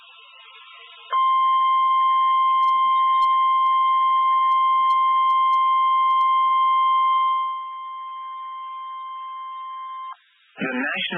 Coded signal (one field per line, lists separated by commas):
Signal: Emergency Alert System (SAME) tones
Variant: 1050 Hz attention tone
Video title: IEMBOT Is Slow As 💩 | EAS Alerts From 3/5/2022 (EAS #1,316-1,348)